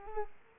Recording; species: mosquito wingbeat signal from an infrared sensor; Culex pipiens